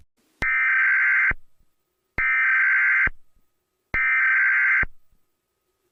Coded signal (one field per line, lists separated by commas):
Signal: Emergency Alert System (SAME) tones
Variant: header bursts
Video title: EAS Scenario #9 - Radioactive Outbreak (100 Subscribers)